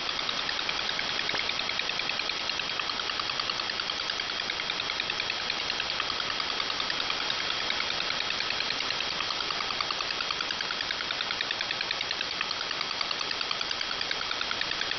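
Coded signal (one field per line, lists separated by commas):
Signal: multi-tone FSK (Olivia or MFSK type)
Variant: 4-FSK, 4 channels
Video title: MFSK Oddity, 4 FSK, 4 channel, 32 bit cycle, 100ms interval, 4kHz BW, 15905kHz, 6Nov2021, 2156z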